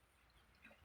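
A bobbin case is pushed into the hook assembly of a sewing machine and clicks into place at 0.6 s. It is seated properly. The rest of the clip holds only faint low background noise, with no talking.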